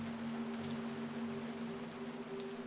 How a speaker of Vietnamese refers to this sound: Cơn mưa vẫn đổ xối xả.